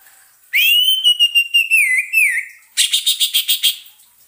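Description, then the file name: Orange-headed thrush song: a sustained warbling whistle wavering and dipping, followed by a fast, buzzy rattle of repeated notes. Therapy sound for an orange-headed thrush (anis merah) that has stopped singing (macet bunyi). "terapi suara anis merah macet bunyi"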